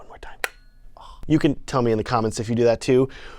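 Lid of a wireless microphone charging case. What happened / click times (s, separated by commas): The charging case lid snaps shut / 0.4 s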